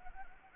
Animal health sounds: mosquito wingbeat signal from an infrared sensor; Anopheles arabiensis

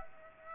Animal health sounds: mosquito wingbeat signal from an infrared sensor; Aedes aegypti

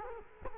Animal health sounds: mosquito wingbeat signal from an infrared sensor; Culex quinquefasciatus

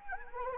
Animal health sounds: mosquito wingbeat signal from an infrared sensor; Anopheles arabiensis

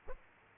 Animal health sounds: mosquito wingbeat signal from an infrared sensor; Aedes aegypti

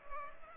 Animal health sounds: mosquito wingbeat signal from an infrared sensor; Culex pipiens

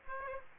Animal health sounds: mosquito wingbeat signal from an infrared sensor; Aedes aegypti

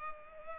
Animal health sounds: mosquito wingbeat signal from an infrared sensor; Culex pipiens

